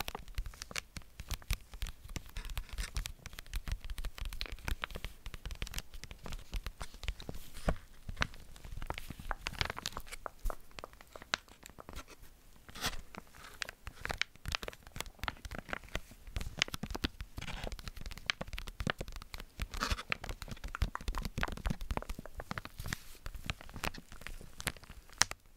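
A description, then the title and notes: Bare mic triggers: a dense, restless run of scratching, crinkling and tapping sounds on the microphone, with sharp crackles and brief tearing-like rustles coming many times a second. The texture stays busy and bright throughout, with occasional louder bursts and a soft low rumble beneath. ASMR Intense Bare Mic Triggers.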